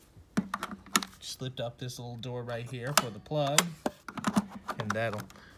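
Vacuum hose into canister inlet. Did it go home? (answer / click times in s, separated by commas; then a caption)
no / none. A hose end is handled at the inlet of a Rainbow E2 (E Series) single-speed water-filter canister vacuum after the small plug door is lifted. Someone talks while short sharp knocks and taps of handling are heard. Nothing has seated or clicked yet, and the hose has not latched into the canister.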